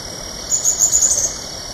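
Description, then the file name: Olive Spinetail giving a short series of thin, high-pitched chipping notes in quick succession against constant background hiss. Recorded at Cruce Caballero on 30 March 2013. "Cranioleuca-obsoleta 2013-03-30 PP-Cruce-Caballero Jorge-La-Grotteria"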